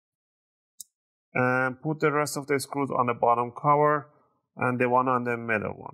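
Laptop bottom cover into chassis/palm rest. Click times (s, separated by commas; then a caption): 0.8 s. A plastic bottom cover is pushed down at the corners onto the chassis and palm rest of an ASUS FX553VD DM056T laptop during a RAM upgrade, and a single short click at 0.8 s marks its clips snapping into place. After a brief silence, someone talks for the rest of the clip.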